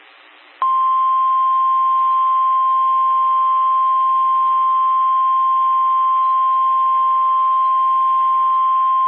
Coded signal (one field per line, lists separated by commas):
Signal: Emergency Alert System (SAME) tones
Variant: 1050 Hz attention tone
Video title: Severe Thunderstorm Warning (Berks, Lehigh, Montgomery Counties, PA) (7/31/25) [EAS #191]